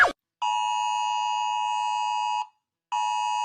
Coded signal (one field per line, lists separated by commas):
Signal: Emergency Alert System (SAME) tones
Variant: 853 and 960 Hz attention tone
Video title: Reacting to EAS alarms not my channel